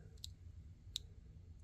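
A bullet comparator insert with a rubber O-ring is snapped into the comparator base on a measuring tool, giving two sharp, bright clicks at 0.2 s and 1.0 s over a low, steady hum. The insert seats, though a little play remains in the fit afterwards.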